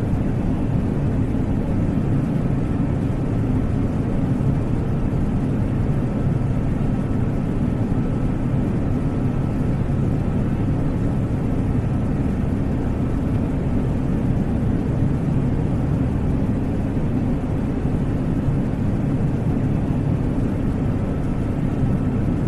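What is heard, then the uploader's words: Steady rumble inside an airplane cabin during a quiet flight, a dense low roar that never changes in level for the whole stretch. The sound is dark and muffled, weighted heavily toward the bass, with a faint thin hiss above and a soft steady tone running through it. Airplane Cabin Sound. The steady rumble of this quiet flight.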